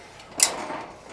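The second folding leg of a Camp Chef Pro 90x camp stove, released by pressing its side button inward, is extended into its locking bracket. It locks into place with a single sharp click at 0.4 s, leaving the leg seated.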